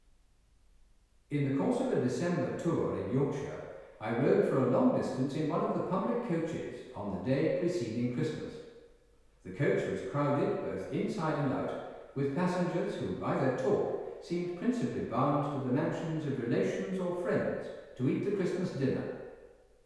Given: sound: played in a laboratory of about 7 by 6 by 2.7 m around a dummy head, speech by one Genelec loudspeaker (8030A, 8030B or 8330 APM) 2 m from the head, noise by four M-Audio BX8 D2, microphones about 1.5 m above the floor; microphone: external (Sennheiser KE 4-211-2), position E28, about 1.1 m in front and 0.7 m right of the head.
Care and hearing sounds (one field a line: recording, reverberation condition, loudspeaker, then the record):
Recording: male speech in English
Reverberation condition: high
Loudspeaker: 150 degrees to the left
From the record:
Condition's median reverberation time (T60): about 1300 ms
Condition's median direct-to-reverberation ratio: about -4.0 dB